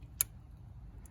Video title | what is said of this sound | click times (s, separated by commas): How To Replace The CamShaft Position Sensor On A 2005 Nissan 2.5 L Engine 4 Cylinder - DIY - | When this goes on correctly, it's going to make a little click. Listen. | 0.2 s